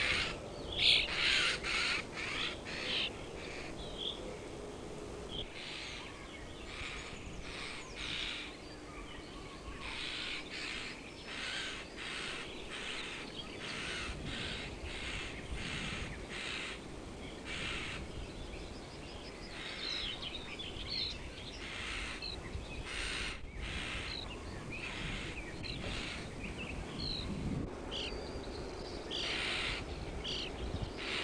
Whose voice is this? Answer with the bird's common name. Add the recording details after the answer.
European Starling. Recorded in the wild. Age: adult. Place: Horscha, Sachsen, DE. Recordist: Meyer, Hugo. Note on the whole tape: Horscha Grünspechtbrutplatz warnend, füttern. Star ahmt Pirol nach, singt und pfeift Kuckuck